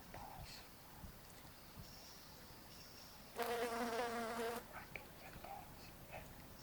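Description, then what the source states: Fly wing buzzing, one steady droning burst of about a second in the middle, with faint quiet background before and after. Flies buzzing on a strange mushroom.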